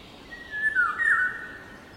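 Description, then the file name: Eurasian golden oriole giving a single liquid, whistled phrase with a dipping, yodelling turn in the middle, over steady low background noise. "Sykofagos"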